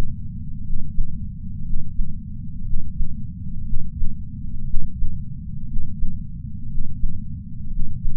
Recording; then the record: heart sounds by patch sensor on the chest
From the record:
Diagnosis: coronary artery disease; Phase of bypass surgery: intraoperative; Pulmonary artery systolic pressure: 25 mmHg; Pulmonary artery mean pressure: 17 mmHg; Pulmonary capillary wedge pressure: 11 mmHg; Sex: male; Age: 62 years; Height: 172 cm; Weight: 60 kg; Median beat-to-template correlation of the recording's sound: 0.91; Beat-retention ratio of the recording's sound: 1.00